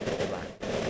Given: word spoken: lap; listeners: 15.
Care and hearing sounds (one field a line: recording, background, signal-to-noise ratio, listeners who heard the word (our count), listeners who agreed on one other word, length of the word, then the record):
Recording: one English word in noise, from a listening test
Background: noise modulated by three-talker babble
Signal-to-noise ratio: -6.5 dB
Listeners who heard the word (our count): 0 of 15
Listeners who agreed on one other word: 8 of 15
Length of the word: 0.50 s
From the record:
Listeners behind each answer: 8, 2, 1, 1, 1, 1, 1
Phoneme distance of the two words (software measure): 17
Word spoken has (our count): 1 syllable, 3 phonemes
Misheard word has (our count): 1 syllable, 4 phonemes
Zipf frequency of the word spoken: 4.22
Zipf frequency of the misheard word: 5.26